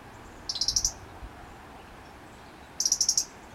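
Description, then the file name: European robin call, two bursts of six or so rapid high ticks, roughly two seconds apart, over a low steady background hiss. "Erithacus rubecula"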